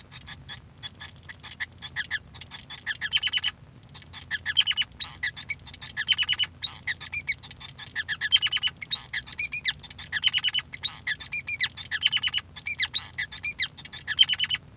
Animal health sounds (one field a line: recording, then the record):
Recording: song of a male Bengalese finch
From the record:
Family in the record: son of father 5